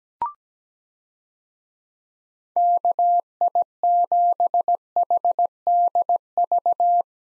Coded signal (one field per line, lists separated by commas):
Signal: Morse code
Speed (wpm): 17 wpm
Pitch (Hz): 700 Hz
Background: none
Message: KI7HDV